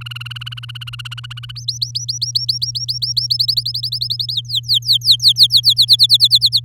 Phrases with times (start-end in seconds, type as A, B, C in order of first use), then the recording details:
0.01-1.51 A, 1.55-3.27 B, 3.30-4.33 C, 4.34-5.74 D, 5.76-6.60 E. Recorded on 10 May 2018 at 05:33. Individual llb16